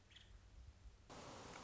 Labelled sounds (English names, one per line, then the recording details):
Nuttall's Woodpecker
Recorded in Sonoma County, California